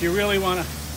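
Someone talks over a steady low hum while handling the metal latch on a mower barrel carrier bracket, which pulls out and clicks into another position to hold the barrel tighter. In this moment the latch is only being handled, and nothing has seated or clicked yet.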